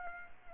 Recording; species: mosquito wingbeat signal from an infrared sensor; Culex pipiens